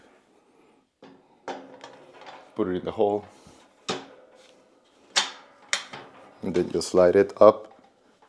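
Someone talks while handling a Prime Fitness Smart Arm torque arm attachment, putting it into its mounting hole on a home gym rack, with sharp knocks and taps of the part against the rack near 1.5, 3.9 and 5.7 seconds. Nothing has seated or clicked into place yet.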